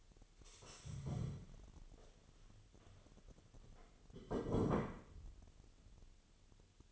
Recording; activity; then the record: daily activity, microphone in the room; stand up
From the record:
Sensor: 4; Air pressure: 1016.2 hPa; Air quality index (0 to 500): 166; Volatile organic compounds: 6 ppm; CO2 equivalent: 1886 ppm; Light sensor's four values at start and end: 9/20/8/7 and 9/20/8/7